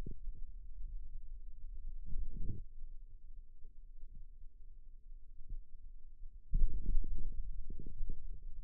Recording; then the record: forearm muscle sounds (acoustic myography)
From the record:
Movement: radial deviation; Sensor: system 2, bracelet of six BSWA MPA416 microphones around the upper forearm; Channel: 6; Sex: male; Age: 22 years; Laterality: right